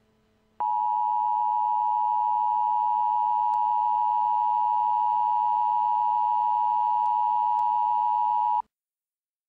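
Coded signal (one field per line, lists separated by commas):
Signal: Emergency Alert System (SAME) tones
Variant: 853 and 960 Hz attention tone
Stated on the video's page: Simulated or recreated scenario alert, not a real broadcast.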